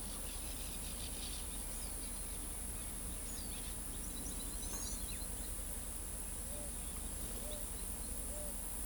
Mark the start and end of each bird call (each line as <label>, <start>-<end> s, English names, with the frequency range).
Orange-chinned Parakeet (2.3-6.6 kHz), 0.00-1.45 s
Carib Grackle (3.3-4.5 kHz), 3.92-5.39 s
Pale-vented Pigeon (0.5-0.7 kHz), 6.46-8.85 s